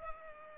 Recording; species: mosquito wingbeat signal from an infrared sensor; Culex pipiens